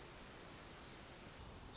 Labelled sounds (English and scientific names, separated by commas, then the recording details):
Pacific Wren (Troglodytes pacificus)
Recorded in Sonoma County, California